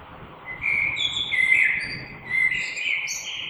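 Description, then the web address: Common blackbird song, a continuous flowing warble of rich fluted notes with thin high squeaks above, heard against a noisy outdoor background. Recorded 3 March 2020. "oiseaux Merle 2020 03 03"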